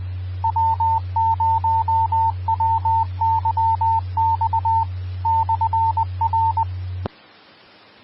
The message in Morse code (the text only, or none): W0WYX /R